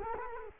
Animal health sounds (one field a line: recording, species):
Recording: mosquito wingbeat signal from an infrared sensor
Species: Culex quinquefasciatus